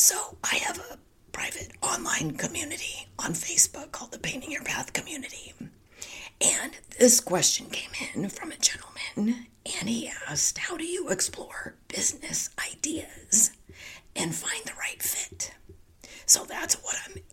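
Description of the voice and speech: Adult woman speaking with spasmodic dysphonia, her voice largely whispered and breathy with intermittent voicing and pitch breaks, as she works to get back into the habit of not whispering; she feels she sounds like she is going through a second puberty.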